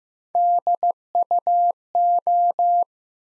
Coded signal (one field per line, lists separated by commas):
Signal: Morse code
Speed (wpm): 15 wpm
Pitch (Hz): 700 Hz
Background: none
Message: DUO